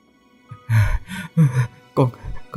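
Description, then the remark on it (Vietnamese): A young man, just woken from a nightmare, heaves out a run of short, ragged, voiced breaths, about five uneven gasps in quick succession, panting hard and struggling to catch his breath. “Cậu thở dốc từng cơn, rồi khẽ mấp máy đôi môi khô khốc của mình.”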